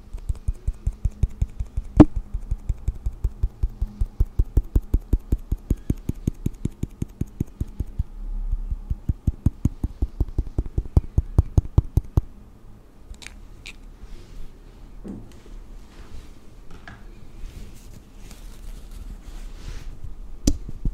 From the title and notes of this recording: ASMR First person Makeup On Your Face(No Talking).